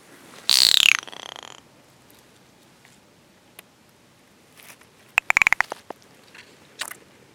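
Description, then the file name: California giant salamander cry: one loud, raspy burst under a second long with a falling tone, then a second, shorter rasp with clicks later on and a faint sound near the end. "Dicamptodon ensatus"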